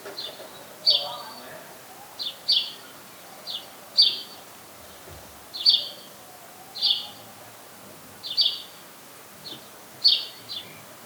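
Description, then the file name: House sparrow chirps, short bright notes repeated in a loose series about every one to two seconds, some doubled, over a soft background hiss. "Passer domesticus"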